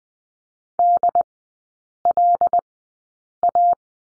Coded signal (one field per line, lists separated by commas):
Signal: Morse code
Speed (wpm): 20 wpm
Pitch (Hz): 700 Hz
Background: none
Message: DLA